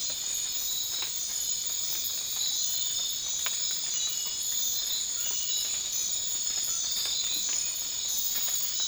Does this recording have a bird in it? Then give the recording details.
no. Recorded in dense forest near Puerto Asís, Putumayo, Colombia, on 12 March 2025 at 01:30. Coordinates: 0.500, -76.322. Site GP06